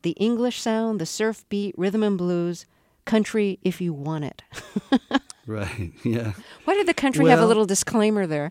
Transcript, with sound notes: The English sound, the surf beat, rhythm and blues, country if you want it.
(Soundbite of laughter) Right. Yeah. Well...
Why did the country have a little disclaimer there?